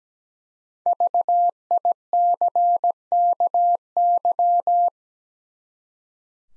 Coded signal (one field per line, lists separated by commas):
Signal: Morse code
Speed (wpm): 17 wpm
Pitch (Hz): 700 Hz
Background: none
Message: VICKY